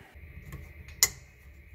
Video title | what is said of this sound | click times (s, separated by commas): How To Install Bathroom Sink Drain/Faucet, No Leaks Under Gasket, Threads [SOLVED] 2023 | You see it snapped? | 1.0 s